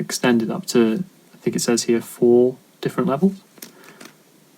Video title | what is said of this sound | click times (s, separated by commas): Parrot Zik 2.0 Review - Are they good? | It's a nice click. They won't move accidentally. | 3.6 s